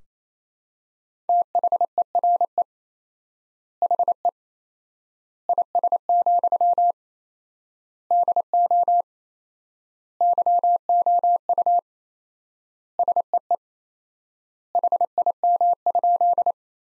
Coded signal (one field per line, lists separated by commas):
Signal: Morse code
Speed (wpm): 28 wpm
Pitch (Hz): 700 Hz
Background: none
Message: THERE HE IS, DO YOU SEE HIM?